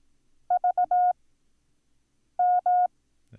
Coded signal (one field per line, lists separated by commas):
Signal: Morse code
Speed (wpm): 18 wpm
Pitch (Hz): 720 Hz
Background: none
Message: VM